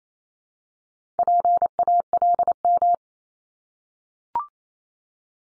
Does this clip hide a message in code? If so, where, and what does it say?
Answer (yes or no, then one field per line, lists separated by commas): yes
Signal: Morse code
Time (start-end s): 1.2-3.0 s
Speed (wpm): 28 wpm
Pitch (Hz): 700 Hz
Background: none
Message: PALM